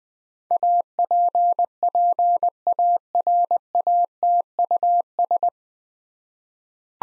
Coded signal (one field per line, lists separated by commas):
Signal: Morse code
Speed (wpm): 21 wpm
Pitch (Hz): 700 Hz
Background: none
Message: APPARATUS